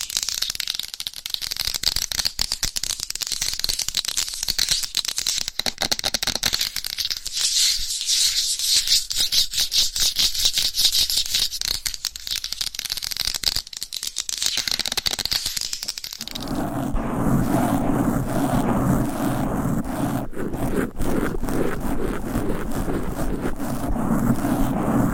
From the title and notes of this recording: ASMR Fast & Aggressive Mic Scratching with 20 DIFFERENT MICS Covers & Nails No Talking for Sleep.